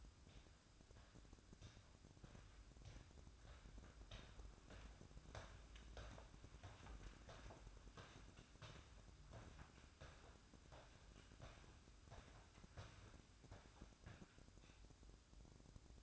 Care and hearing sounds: daily activity, microphone in the room; walk to room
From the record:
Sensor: 2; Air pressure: 1008.0 hPa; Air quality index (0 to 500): 115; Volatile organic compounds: 1 ppm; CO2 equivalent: 860 ppm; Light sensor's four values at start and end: 7/17/7/7 and 7/16/7/6

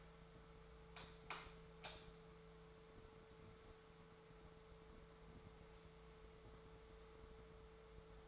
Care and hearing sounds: daily activity, microphone in the room; light off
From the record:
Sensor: 3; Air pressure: 1014.7 hPa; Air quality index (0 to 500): 192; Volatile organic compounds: 24 ppm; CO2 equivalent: 2809 ppm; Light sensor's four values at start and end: 44/111/47/50 and 41/102/44/47

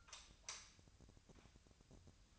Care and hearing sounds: daily activity, microphone in the room; light off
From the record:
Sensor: 2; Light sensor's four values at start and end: 33/85/36/38 and 28/68/29/32

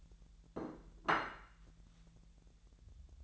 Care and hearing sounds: daily activity, microphone in the room; place plate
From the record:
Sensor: 3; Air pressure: 1000.2 hPa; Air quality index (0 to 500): 141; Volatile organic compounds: 2 ppm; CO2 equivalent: 1249 ppm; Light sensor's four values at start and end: 26/65/28/31 and 27/66/29/31

